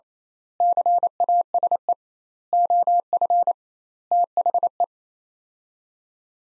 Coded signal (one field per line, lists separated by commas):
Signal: Morse code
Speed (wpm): 28 wpm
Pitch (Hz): 700 Hz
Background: none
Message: CASE OF THE